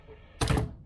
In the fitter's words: then the second click, nice solid click, and then a nice solid open action.